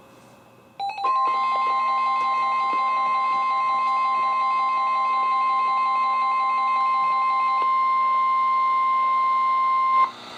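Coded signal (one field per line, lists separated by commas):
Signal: Emergency Alert System (SAME) tones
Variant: 1050 Hz attention tone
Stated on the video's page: NOAA Weather Radio EAS tones from several transmitters, for severe thunderstorm, special marine, flash flood watch and flood warnings issued by Sterling, VA.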